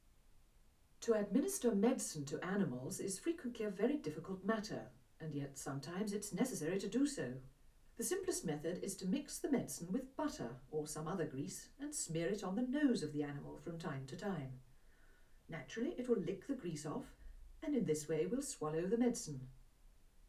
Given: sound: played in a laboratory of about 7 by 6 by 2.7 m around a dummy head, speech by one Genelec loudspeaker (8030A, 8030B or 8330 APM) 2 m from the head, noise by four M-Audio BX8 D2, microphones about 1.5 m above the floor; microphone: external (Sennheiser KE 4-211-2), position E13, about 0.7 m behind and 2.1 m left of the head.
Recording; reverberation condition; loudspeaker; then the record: female speech in English; low; 90 degrees to the right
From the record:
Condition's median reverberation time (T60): about 310 ms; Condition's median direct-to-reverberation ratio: about 3.5 dB